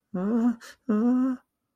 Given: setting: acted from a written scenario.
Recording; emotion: vocal sound without words; distress